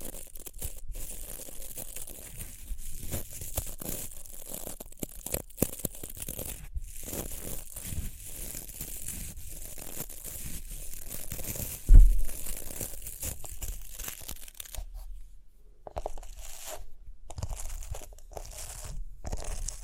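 Rhinestones are tapped, scratched and brushed in a steady run of dense, crinkly rustling with bright, crisp edges. Small clicks and scrapes come quickly and irregularly throughout, with a sharper knock near the twelfth second. Around fifteen seconds the sound thins into sparser taps.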